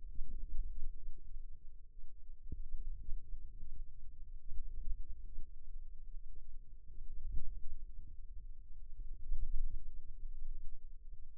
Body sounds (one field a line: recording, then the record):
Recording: forearm muscle sounds (acoustic myography)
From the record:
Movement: radial deviation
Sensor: system 2, bracelet of six BSWA MPA416 microphones around the upper forearm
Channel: 5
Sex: female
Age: 22 years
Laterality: right